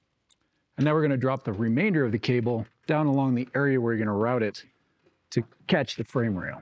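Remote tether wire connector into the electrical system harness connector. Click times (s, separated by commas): 0.3 s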